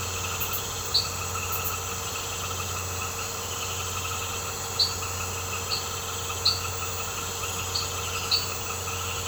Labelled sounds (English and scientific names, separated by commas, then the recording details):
none
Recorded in secondary vegetation near Puerto Asís, Putumayo, Colombia, on 21 March 2025 at 20:00
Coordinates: 0.468, -76.324
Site G059